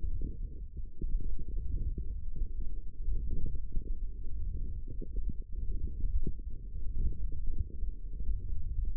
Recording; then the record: forearm muscle sounds (acoustic myography)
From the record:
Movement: wrist flexion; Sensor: system 1, eight BSWA MPA416 microphones around the upper forearm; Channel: 3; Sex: male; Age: 23 years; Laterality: right